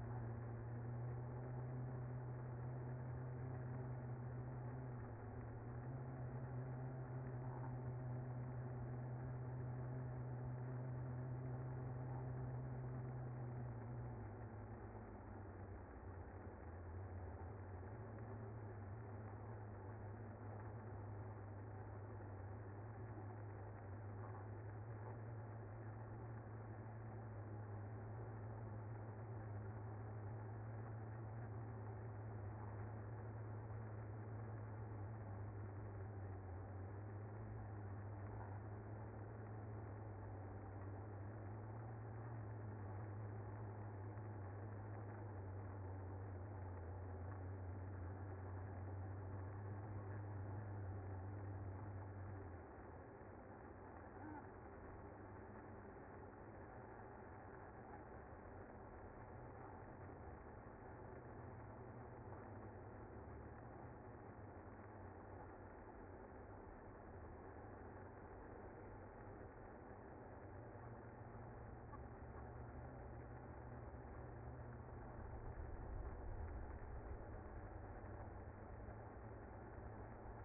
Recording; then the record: honeybee colony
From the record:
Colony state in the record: active